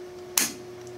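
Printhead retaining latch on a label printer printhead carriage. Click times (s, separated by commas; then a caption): 0.4 s. On an RTI Vortex 4200 label printer, the printhead retaining latch on the printhead carriage is closed over the printhead after the printhead is seated in its holder. It snaps shut with one sharp, loud click at 0.4 s, over a steady low hum. The latch is seated and holds the printhead in place.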